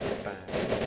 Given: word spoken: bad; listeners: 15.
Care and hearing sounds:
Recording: one English word in noise, from a listening test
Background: noise modulated by three-talker babble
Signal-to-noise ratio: -7.6 dB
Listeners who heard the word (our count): 5 of 15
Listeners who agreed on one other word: 7 of 15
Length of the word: 0.46 s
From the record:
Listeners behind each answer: 7, 5, 1, 1, 1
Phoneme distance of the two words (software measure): 10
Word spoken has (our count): 1 syllable, 3 phonemes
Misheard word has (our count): 1 syllable, 3 phonemes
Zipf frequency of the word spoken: 5.56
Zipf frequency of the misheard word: 4.89

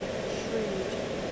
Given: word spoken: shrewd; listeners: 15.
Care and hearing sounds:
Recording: one English word in noise, from a listening test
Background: speech-shaped noise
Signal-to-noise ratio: -6.3 dB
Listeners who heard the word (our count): 5 of 15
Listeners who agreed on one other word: 6 of 15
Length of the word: 0.92 s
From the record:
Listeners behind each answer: 6, 5, 2, 1, 1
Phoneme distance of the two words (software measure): 24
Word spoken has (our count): 1 syllable, 4 phonemes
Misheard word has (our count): 2 syllables, 6 phonemes, stress on syllable 2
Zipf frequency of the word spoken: 3.24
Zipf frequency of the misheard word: 2.92

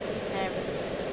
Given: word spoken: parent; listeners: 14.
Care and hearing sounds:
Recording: one English word in noise, from a listening test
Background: speech-shaped noise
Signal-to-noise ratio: -5.9 dB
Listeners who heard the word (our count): 4 of 14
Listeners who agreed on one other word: 6 of 14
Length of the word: 0.73 s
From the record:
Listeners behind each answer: 6, 4, 1, 1, 1, 1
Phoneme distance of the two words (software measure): 34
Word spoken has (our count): 2 syllables, 6 phonemes, stress on syllable 1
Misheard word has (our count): 2 syllables, 4 phonemes, stress on syllable 1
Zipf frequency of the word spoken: 4.21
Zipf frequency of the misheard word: 4.04

